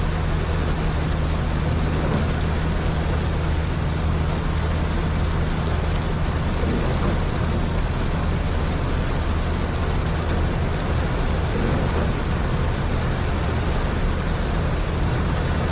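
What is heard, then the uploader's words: Night driving in the rain: a steady, dense hiss of rain and road noise fills the whole sixteen seconds without letting up. Beneath it a low engine hum holds constant, with a few faint knocks and swells around seven and twelve seconds. Night driving in the rain with no talking or music in the background.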